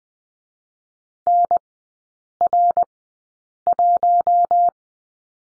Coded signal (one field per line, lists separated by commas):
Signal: Morse code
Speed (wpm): 20 wpm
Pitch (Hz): 700 Hz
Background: none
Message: NR1